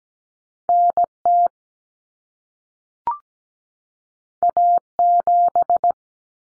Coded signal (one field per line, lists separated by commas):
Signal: Morse code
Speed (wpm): 17 wpm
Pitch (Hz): 700 Hz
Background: none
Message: NT A7